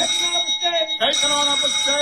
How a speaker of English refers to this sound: Are we up to speed? Right. Four bells.